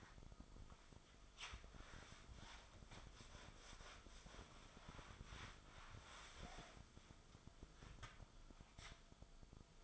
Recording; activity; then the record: daily activity, microphone in the room; wipe stove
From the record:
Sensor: 5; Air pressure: 1004.9 hPa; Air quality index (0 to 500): 101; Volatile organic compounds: 2 ppm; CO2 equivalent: 1233 ppm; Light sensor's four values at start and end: 33/75/31/31 and 32/73/30/30